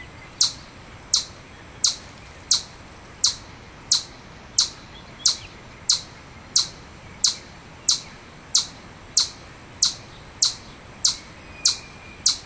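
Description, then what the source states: Chipmunk giving a long, steady run of sharp high chips, nearly twenty at an even pace of roughly one every two-thirds of a second. Chipmunk calling in anger.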